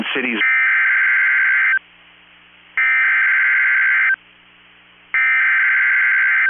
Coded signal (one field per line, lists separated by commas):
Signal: Emergency Alert System (SAME) tones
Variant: header bursts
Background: speech